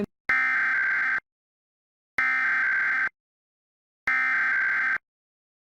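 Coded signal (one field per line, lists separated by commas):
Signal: Emergency Alert System (SAME) tones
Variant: header bursts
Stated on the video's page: EAS alerts, all of them tests.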